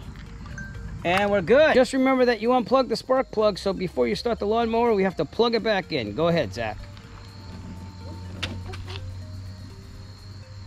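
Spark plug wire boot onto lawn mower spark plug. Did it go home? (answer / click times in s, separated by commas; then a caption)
no / none. Someone talks for most of the clip while the rubber spark plug wire boot is about to be pushed back onto the spark plug of a Toro Recycler SmartStow lawn mower, because the plug was unplugged for the repair and must be reconnected before starting the mower. After the talking stops, quiet handling follows with a few brief sharp ticks around 8.4 to 9.0 seconds. The boot has not clicked home on the plug yet.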